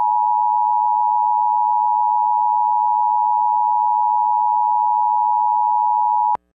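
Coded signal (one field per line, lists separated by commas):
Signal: Emergency Alert System (SAME) tones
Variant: 853 and 960 Hz attention tone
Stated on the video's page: Mock EAS Amber Alert for Louisiana.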